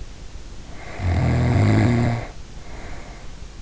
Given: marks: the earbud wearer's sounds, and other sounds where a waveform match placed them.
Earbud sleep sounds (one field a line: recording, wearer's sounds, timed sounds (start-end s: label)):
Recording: sounds in sleep by an in-ear microphone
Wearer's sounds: snoring breath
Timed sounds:
0.54-3.53 s: snoring breath